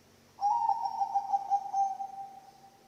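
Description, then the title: Zebra dove cooing song, a fast rippling coo, steady in pitch and fading after about two seconds. Bangkok-type zebra dove (perkutut bangkok) song, intended as masteran training audio for other birds and as a lure (pancingan). "mster Mnuk. SUARA OCEHAN BURUNG PERKUTUT BANGKOK Untuk MASTERAN dan PANCINGAN"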